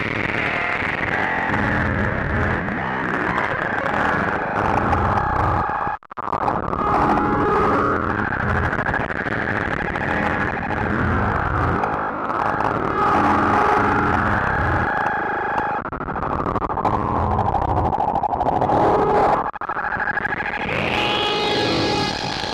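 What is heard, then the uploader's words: Square wave sounds form a thick, gritty buzz with a steady mid-pitched tone running through it. The brighter part of the buzz sags slowly, then sweeps upward near the end. Brief dropouts break the constant texture around 6 and 19 seconds. Playing with Square Waves. Modules used: Bastl ABC mixer, Befaco Rampage, Even VCO, Pico RND, Make Noise Maths, Morphagene, 0-coast, Ornament and Crime, Zlob SVF, Diode Chaos, Mutable Instruments Clouds.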